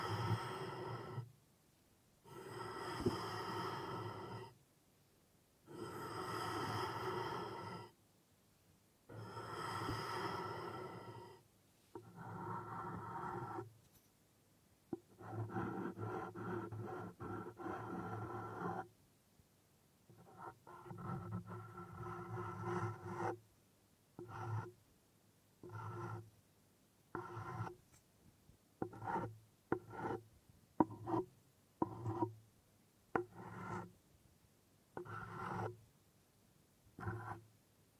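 Wooden objects are scraped and rubbed in long, raspy strokes lasting one to three seconds, separated by short silences. After about twenty-five seconds the sounds turn into quick taps and brief scrapes, coming faster and more irregularly toward the end.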